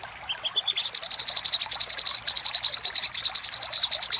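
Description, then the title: Little spiderhunter song, an unbroken fast run of high, evenly spaced chip notes. Master song for training cage birds; local name sogok ontong, song style labaik. "Masteran Burung Sogok Ontong Labaik"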